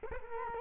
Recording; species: mosquito wingbeat signal from an infrared sensor; Culex quinquefasciatus